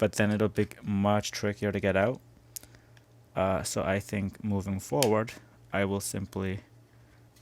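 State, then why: Seated. An opening panel on a 1:64 die-cast metal model of a Dodge Stealth R/T Twin Turbo by Autoworld is pushed back down into the car body until it clicks shut. Someone talks, then in a pause a sharp click sounds at 2.6 s, followed by a few fainter ticks before talking resumes. The panel is seated, and once clicked in it is much harder to get back out.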